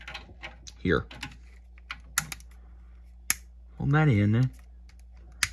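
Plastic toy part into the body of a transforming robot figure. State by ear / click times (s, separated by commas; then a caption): seated / 5.4 s. A plastic part of a transforming robot toy figure is pushed into the figure's body and held in place during its transformation. Soft plastic clicks and handling taps are heard while someone talks. The part snaps into place with a sharp click at 5.4 s.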